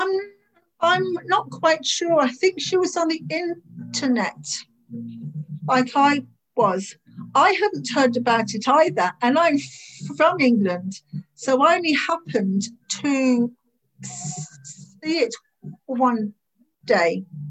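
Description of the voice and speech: A 57-year-old woman speaks with stretched sounds and a long silent block mid-phrase: stuttering, a stammer she has had since about age 3, worse when she is anxious.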